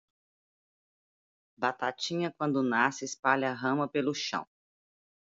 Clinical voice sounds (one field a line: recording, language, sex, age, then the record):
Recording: short text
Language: Brazilian Portuguese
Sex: female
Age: 40 to 49 years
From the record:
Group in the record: control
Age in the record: 48 years